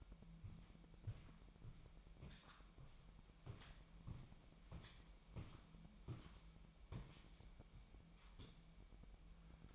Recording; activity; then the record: daily activity, microphone in the room; walk to room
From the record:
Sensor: 1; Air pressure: 1002.0 hPa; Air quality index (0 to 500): 248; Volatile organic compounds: 53 ppm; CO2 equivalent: 3330 ppm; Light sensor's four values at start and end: 9/21/8/9 and 9/20/8/9